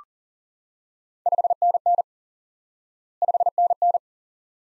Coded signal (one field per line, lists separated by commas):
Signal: Morse code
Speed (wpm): 40 wpm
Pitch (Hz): 700 Hz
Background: none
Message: 5NN 5NN